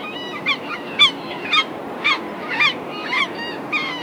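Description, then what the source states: Gull calls: yelping, wavering cries repeated about every half second over a steady broad background hiss. Distant seagull calls.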